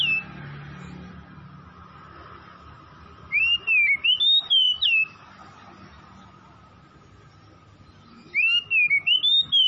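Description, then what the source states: Oriental magpie-robin song: two bursts of rapid, rollicking whistled notes that rise and fall, separated by a pause of several seconds, over low background noise. Kacer from Tretes, singing vigorously (gacor).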